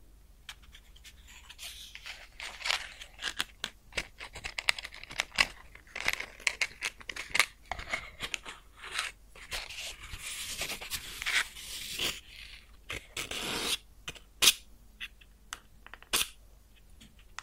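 A match is lit and burns out close up, crackling with dense, irregular pops and sizzles that stay bright and thin throughout. Louder snaps stand out around 14 and 16 seconds, and a longer hissing flare rises near 13 seconds before fading.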